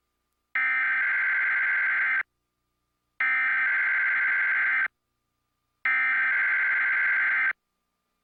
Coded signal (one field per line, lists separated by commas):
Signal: Emergency Alert System (SAME) tones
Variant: header bursts